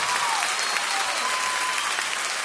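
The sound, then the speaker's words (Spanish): A steady wash of audience applause at a live concert recording at the Teatro Ópera, many hands clapping at once in a dense, even roar that holds at a constant level throughout, with no voices standing out. “¡Aplausos!”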